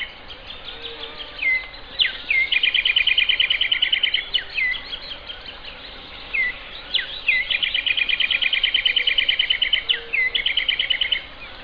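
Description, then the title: Songbird singing repeated phrases, each opening with short upslurred notes and running into a long, rapid, rattling trill of high notes over low background noise. "LuckyPassaro Completos2Sama"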